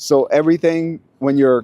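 A section of a metal MagMod MagStand light stand, its legs or sections, is being handled while someone talks over it. The section is meant to click into its locked detent position so it is secure, but nothing has seated or clicked yet in this clip.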